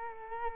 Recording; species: mosquito wingbeat signal from an infrared sensor; Culex quinquefasciatus